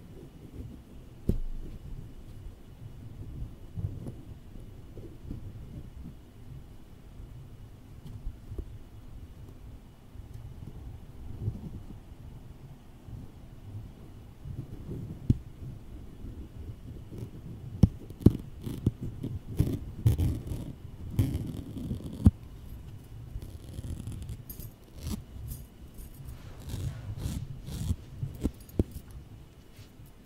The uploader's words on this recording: Close-up Tapping & Tracing Office Objects. Gusti was at the office and he found a lot of interesting objects to tap or to trace on.